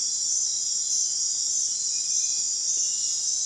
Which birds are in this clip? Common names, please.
none